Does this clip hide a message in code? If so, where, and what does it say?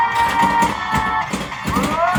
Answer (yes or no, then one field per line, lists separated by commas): no